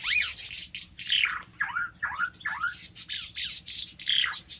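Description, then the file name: Ara timor: harsh, slurred bird notes sweeping up and down in a rapid chattering run, over a rough background hiss. "suara burung ara timor"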